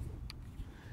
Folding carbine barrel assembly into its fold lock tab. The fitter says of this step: you pull up on the trigger guard here this gun folds back on itself and locks in place with the tab right here so